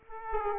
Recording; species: mosquito wingbeat signal from an infrared sensor; Aedes aegypti